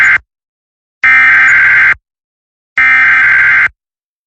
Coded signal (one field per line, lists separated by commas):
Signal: Emergency Alert System (SAME) tones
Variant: header bursts